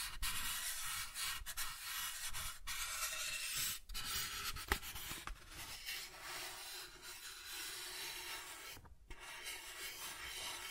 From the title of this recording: Soft Tracing on Smooth and Rough Surfaces